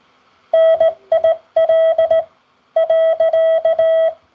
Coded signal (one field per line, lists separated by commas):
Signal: Morse code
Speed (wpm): 17 wpm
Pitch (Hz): 650 Hz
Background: none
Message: NIL.